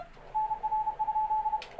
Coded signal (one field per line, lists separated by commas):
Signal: Morse code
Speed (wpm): 32 wpm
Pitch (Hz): 860 Hz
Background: radio noise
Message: NR?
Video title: Morse Code Receiving practice with Morse Runner.